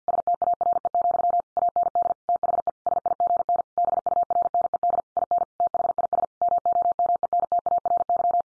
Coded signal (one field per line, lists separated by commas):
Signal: Morse code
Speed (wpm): 50 wpm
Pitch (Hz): 700 Hz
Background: none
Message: STARE, AND THE SIGN BURNED IN THIS MOMENTARY